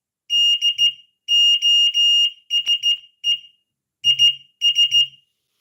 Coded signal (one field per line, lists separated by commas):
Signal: Morse code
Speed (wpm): 14 wpm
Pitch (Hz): 2850 Hz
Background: none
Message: DOSE IS